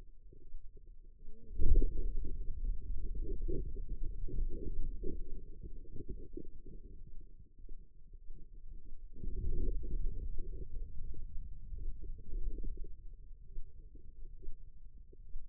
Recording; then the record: forearm muscle sounds (acoustic myography)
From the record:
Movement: hand opening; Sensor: system 2, bracelet of six BSWA MPA416 microphones around the upper forearm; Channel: 3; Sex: female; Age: 25 years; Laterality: right